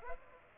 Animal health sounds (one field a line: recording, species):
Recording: mosquito wingbeat signal from an infrared sensor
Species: Aedes aegypti